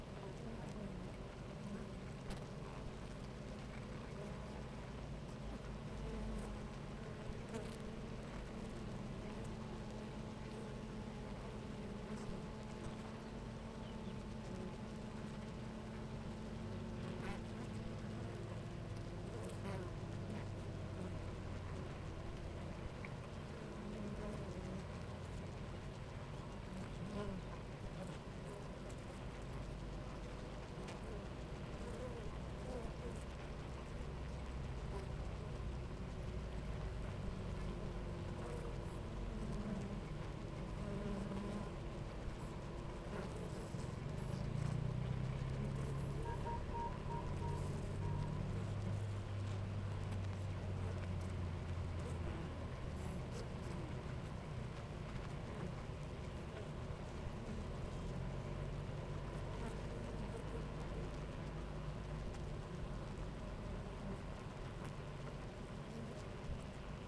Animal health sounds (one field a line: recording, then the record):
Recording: honeybee colony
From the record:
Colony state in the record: active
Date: 28 July 2017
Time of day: 10:20